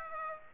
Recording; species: mosquito wingbeat signal from an infrared sensor; Aedes aegypti